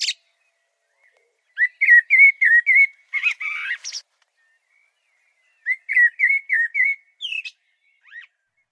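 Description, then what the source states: Common Blackbird singing mellow warbled phrases that finish in thin, squeaky flourishes; two verses separated by a short pause, the second ending in a high twiddle. Commonest, most widespread garden birdsong; each verse is about 3 seconds, starting with fluty notes and ending with a little twiddle; sings a different verse every time.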